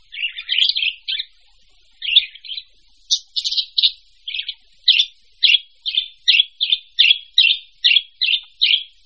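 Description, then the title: Bird chirping: a few bursts of bright notes, then a steady series of many short, similar chirps. Mixed birds. "manuk campur"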